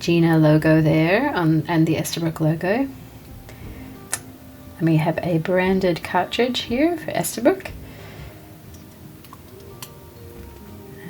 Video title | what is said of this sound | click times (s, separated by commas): New Pen Day Esterbrook Estie Tortoise Journalers Nib - Left Hander? Fountain Pen Unboxing & Review | it just pops right in there it's a really nice fit | 9.8 s